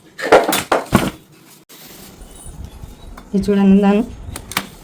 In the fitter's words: నొక్కుతుంది ఇప్పుడు సౌండ్ వచ్చింది కదా సెట్ అయిపోయింది.